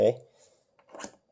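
Plastic and metal mounting hardware for a CPU tower cooler is fitted onto a motherboard around the CPU socket. Someone talks, followed by faint handling taps and a short rustling scrape. The bracket has not snapped into place yet, and nothing has seated or clicked.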